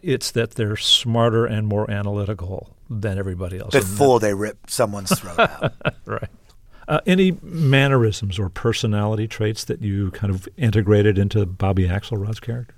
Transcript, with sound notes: it's that they're smarter and more analytical than everybody else.
Before they rip someone's throat out.
(Laughter) Right.
Any mannerisms or personality traits that you kind of integrated into Bobby Axelrod's character?